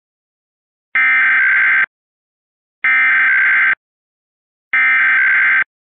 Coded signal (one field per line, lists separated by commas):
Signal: Emergency Alert System (SAME) tones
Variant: header bursts